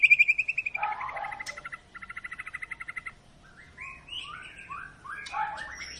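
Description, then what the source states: White-rumped shama song, quieter: rapid repeated notes, a stuttering trill, then soft varied whistled phrases over low background noise. Long lure song of an actively singing shama, used to prompt other birds to sing.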